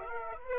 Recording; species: mosquito wingbeat signal from an infrared sensor; Aedes aegypti